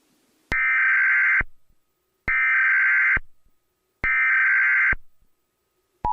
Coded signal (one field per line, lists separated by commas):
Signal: Emergency Alert System (SAME) tones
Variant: header bursts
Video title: Blue Orchid EAS Wendigo Message (2013)